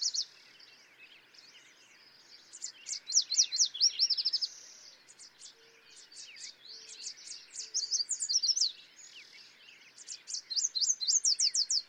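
Yellow warbler singing phrases of quick high notes, repeated about every four seconds.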